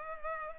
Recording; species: mosquito wingbeat signal from an infrared sensor; Culex pipiens